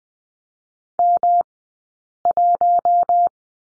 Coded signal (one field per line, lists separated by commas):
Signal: Morse code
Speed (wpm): 20 wpm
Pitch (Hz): 700 Hz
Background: none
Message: M1